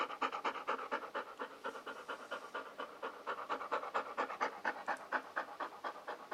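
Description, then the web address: Golden Retriever panting softly, rapid regular huffs, nothing else audible. "Sound Effects-Foundation 1 ANIMAL DOG GOLDEN RETRIEVER DOTTI PANT"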